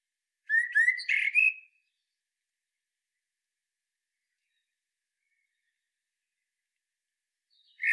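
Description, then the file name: Common blackbird giving a short whistled phrase of sliding notes with a twittery finish. Long silence follows, then another phrase begins right at the end. "Turdus merula"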